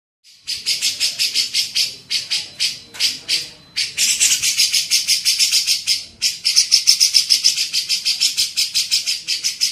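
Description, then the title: Grey-cheeked bulbul harsh chatter, rapid grating bursts repeated about three times a second in long runs, with brief breaks after a short silent start. Masteran training recording used to tutor songbirds. "MASTERAN CUCAK JENGGOT"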